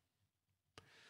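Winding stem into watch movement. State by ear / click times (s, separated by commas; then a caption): seated / 0.8 s. A winding stem that would not go in fully is pushed into the movement of a 1967 Seiko Sea Lion M55 Weekdater (6206-8001) while the setting lever spring is pressed down. After quiet low noise, a sharp short click at 0.8 s marks the stem sliding in and locking into place, followed by a steady brighter hiss. The stem is seated.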